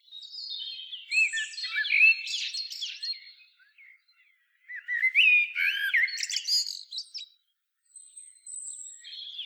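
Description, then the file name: Common blackbird song: bursts of busy twittering and upslurred notes, separated by short silent gaps. "Turdus merula"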